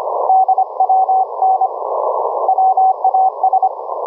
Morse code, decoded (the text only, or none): DWN WAS